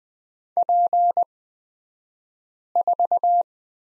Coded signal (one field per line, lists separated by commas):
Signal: Morse code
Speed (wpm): 20 wpm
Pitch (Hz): 700 Hz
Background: none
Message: P4